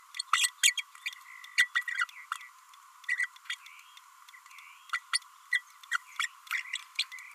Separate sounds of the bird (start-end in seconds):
0.16-0.22, 0.32-0.51, 0.63-0.76, 0.77-0.83, 1.57-1.69, 1.75-1.84, 1.96-2.05, 3.17-3.29, 3.49-3.56, 4.92-4.99, 5.13-5.19, 5.51-5.62, 5.91-5.97, 6.19-6.28, 6.98-7.04